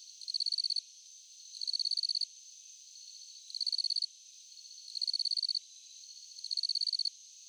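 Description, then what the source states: Cricket chirping in short pulsed trills of about half a second to a second, high and even, repeated at irregular gaps of roughly one to two seconds, with a steady faint hum between. Crickets at night.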